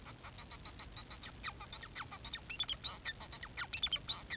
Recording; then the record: song of a male Bengalese finch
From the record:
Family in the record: son of father 4